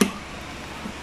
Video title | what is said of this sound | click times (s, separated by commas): Alluminum topbox and bracket installation for nmax v2 y-connect | Ayaw mag-click. | none